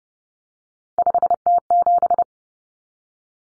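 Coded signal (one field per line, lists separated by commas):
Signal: Morse code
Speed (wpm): 30 wpm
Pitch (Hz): 700 Hz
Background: none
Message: 5T7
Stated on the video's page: Morse drill of common three-digit cut numbers at 30 wpm, with T, A, N standing for 0, 1, 9; each is sent, spoken, then sent again.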